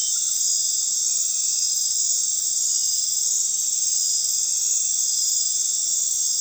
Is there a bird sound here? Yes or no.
no